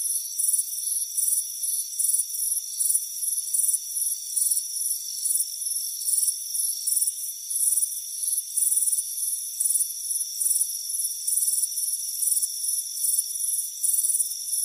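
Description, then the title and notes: Crickets chirping in a train of short, trilled pulses, more than one per second, above a constant thin high-pitched drone. Crickets chirping on a warm afternoon on a front porch. "Soothing Crickets Chirping Sound. It's a warm afternoon as you relax in a hammock on the front porch. Relax and fall asleep to the soothing sound of chirping crickets. Deep Sleep Sounds"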